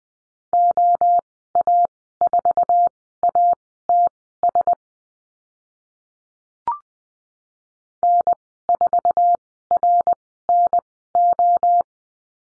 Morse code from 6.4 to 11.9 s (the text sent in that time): N4RNO